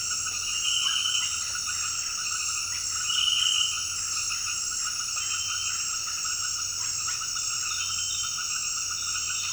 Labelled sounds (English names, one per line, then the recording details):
none
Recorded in dense forest near Puerto Asís, Putumayo, Colombia, on 8 March 2025 at 18:00
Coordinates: 0.484, -76.325
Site G045